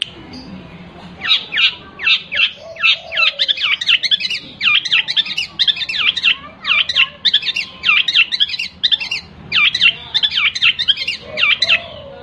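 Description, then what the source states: Long-tailed shrike song: long, busy run of rapid high chirps and squeaky notes in continuous bursts, with occasional faint lower whistles behind. Combination song style.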